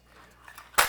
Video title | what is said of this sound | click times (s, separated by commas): The Heart Wants, What It Wants. Zenith ZF5 | flip out locks in place these are mlock slots here on the side so I put a QD socket | 0.8 s